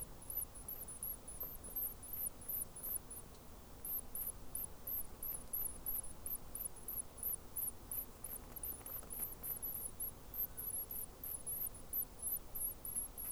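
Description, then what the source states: Rock wren chicks giving very high, thin squeaks in quick steady series, a brief pause near the start, then a continuous run of short repeated notes over faint rumble. Rock wren chicks begging; New Zealand native bird.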